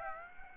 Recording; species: mosquito wingbeat signal from an infrared sensor; Aedes aegypti